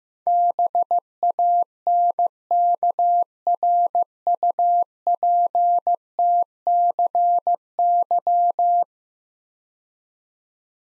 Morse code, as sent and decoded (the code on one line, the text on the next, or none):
-... .- -. -.- .-. ..- .--. - -.-. -.--
BANKRUPTCY